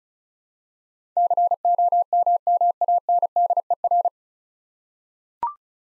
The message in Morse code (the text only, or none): COMMANDER